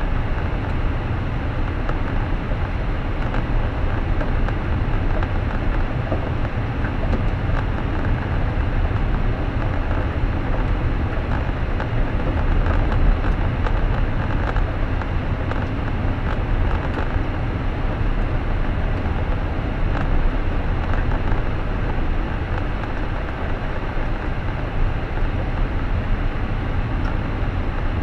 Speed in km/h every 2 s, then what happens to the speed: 52, 52, 54, 55, 56, 56, 56, 56, 56, 55, 55, 54, 53, 52.
0-28 steady at about 55.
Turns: none.